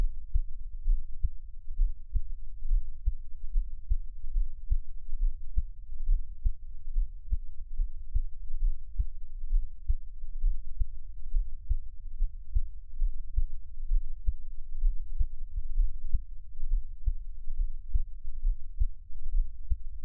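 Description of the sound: Steady, regular low thumps of an adult heartbeat heard up close as Taiwanese ASMR, at about 69 beats a minute, with no talking.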